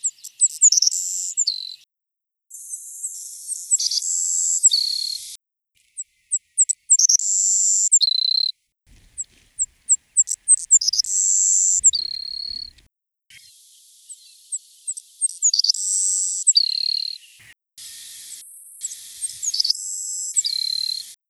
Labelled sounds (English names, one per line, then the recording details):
Savannah Sparrow song
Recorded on Kent Island, New Brunswick, in 1980